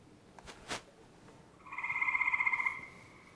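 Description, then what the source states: Gray tree frog trill: one rapid pulsed musical trill lasting about a second, preceded by a couple of clicks. Played from a video; a slower call than the Cope's gray tree frog; the frog takes one breath and resonates it through its vocal sac.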